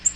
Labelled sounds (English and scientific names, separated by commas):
Black-throated Green Warbler (Setophaga virens) flight call